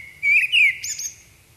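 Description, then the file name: Common blackbird: one short, mellow whistled phrase sliding down, then a quick high chattering flourish. "Turdus merula"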